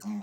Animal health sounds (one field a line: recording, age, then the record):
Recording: pig call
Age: piglet (1 to 25 days)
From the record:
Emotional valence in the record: negative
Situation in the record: long isolation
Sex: male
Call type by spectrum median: low-frequency call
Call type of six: mixed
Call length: 0.23 s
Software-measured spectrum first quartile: 208 Hz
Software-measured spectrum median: 285 Hz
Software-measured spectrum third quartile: 2304 Hz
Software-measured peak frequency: 207 Hz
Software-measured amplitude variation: 98 dB a second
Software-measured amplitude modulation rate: 8.7 a second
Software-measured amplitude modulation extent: 11.3 dB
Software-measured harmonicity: 13.7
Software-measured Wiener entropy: -3.44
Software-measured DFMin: 946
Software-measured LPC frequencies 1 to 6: 2183, 4294, 5220, 6007, 6934, 7722 Hz